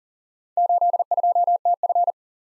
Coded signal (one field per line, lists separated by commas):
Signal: Morse code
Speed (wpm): 40 wpm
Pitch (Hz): 700 Hz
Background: none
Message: 82TF